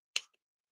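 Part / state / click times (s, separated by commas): plastic building part into Godzilla figure body / seated / 0.2 s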